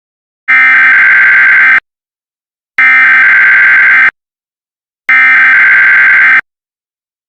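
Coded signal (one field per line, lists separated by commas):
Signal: Emergency Alert System (SAME) tones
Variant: header bursts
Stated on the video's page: Fake EAS alarm, not a real alert.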